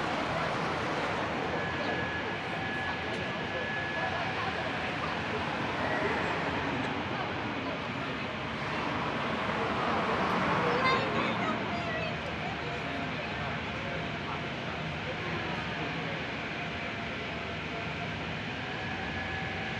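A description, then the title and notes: Cars pass steadily on a busy city avenue, a dense traffic roar swelling near ten seconds, with faint voices and a hum. Ext, 6th Ave, NYC Cars Passing, Noise.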